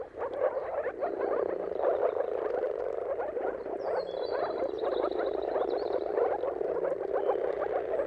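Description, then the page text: Moor frog chorus: many frogs give muffled, bubbling gurgles in an unbroken stream, and a bird whistles briefly midway. Chorus of moor frogs giving mating calls at sunrise, turn of March and April, timing depending on the weather. "Jakub-Orzecki moor frogs. Dawn’s Chorus: Mating Calls of Marsh Frogs at Sunrise. Depending on the weather at the turn of March and April, you can witness an amazing spectacle of moor frogs"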